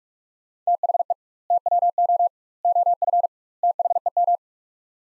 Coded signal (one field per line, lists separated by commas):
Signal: Morse code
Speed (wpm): 45 wpm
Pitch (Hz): 700 Hz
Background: none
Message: THE TWO OF THEM